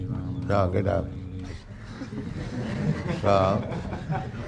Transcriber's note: laughter